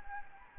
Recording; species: mosquito wingbeat signal from an infrared sensor; Anopheles gambiae